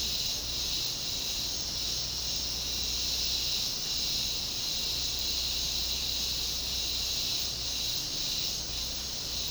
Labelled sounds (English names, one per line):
none